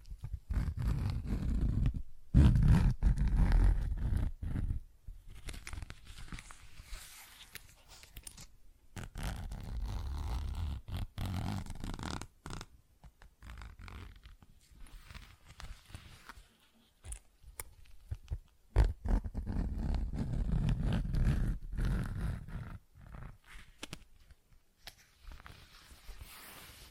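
Tapping, scratching and zipper sounds come in irregular bursts of rough, dry scraping with a heavy low rumble, broken by short silent gaps. The loudest stretches fall around 2–3 seconds and 19–22 seconds, with sharp clicks scattered throughout.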